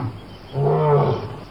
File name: Lion